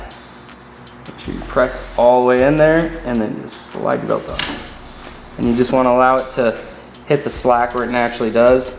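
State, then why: Not seated. Someone talks while a drive belt is pressed in and slid up onto a Twister T4 trimmer, with quiet handling sounds underneath, just before the belt retaining button goes back into the trimmer's drive housing. The clip ends before that button is turned into place; nothing has seated or clicked yet.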